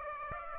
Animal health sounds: mosquito wingbeat signal from an infrared sensor; Aedes aegypti

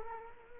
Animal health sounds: mosquito wingbeat signal from an infrared sensor; Culex quinquefasciatus

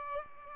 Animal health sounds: mosquito wingbeat signal from an infrared sensor; Aedes albopictus

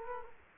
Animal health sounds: mosquito wingbeat signal from an infrared sensor; Culex quinquefasciatus

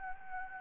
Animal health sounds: mosquito wingbeat signal from an infrared sensor; Anopheles gambiae

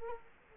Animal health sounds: mosquito wingbeat signal from an infrared sensor; Culex quinquefasciatus

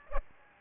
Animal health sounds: mosquito wingbeat signal from an infrared sensor; Aedes aegypti

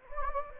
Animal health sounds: mosquito wingbeat signal from an infrared sensor; Anopheles gambiae

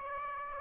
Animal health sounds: mosquito wingbeat signal from an infrared sensor; Aedes aegypti

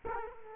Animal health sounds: mosquito wingbeat signal from an infrared sensor; Culex quinquefasciatus

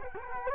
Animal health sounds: mosquito wingbeat signal from an infrared sensor; Culex quinquefasciatus

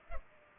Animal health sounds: mosquito wingbeat signal from an infrared sensor; Culex pipiens

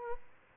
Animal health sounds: mosquito wingbeat signal from an infrared sensor; Aedes albopictus

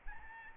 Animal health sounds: mosquito wingbeat signal from an infrared sensor; Aedes albopictus

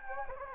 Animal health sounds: mosquito wingbeat signal from an infrared sensor; Anopheles gambiae

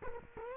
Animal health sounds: mosquito wingbeat signal from an infrared sensor; Culex quinquefasciatus

